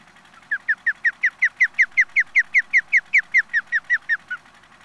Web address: pandion haliaetus